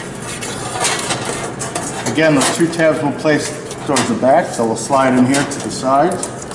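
An oven rack is handled and slid in at the sides into the side brackets of a commercial oven cavity, with its two tabs toward the back, while someone talks. Metallic scraping and knocking are heard, with a sharp knock at about 1.8 s. The rack has not yet been pushed forward to lock into place, and nothing has seated or clicked yet.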